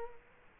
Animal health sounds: mosquito wingbeat signal from an infrared sensor; Culex quinquefasciatus

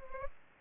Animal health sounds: mosquito wingbeat signal from an infrared sensor; Anopheles arabiensis

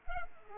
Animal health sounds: mosquito wingbeat signal from an infrared sensor; Culex pipiens

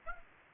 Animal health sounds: mosquito wingbeat signal from an infrared sensor; Aedes aegypti

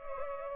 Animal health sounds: mosquito wingbeat signal from an infrared sensor; Culex pipiens

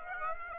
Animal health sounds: mosquito wingbeat signal from an infrared sensor; Aedes aegypti

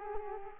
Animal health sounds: mosquito wingbeat signal from an infrared sensor; Culex quinquefasciatus

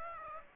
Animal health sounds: mosquito wingbeat signal from an infrared sensor; Aedes aegypti

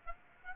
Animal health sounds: mosquito wingbeat signal from an infrared sensor; Aedes aegypti

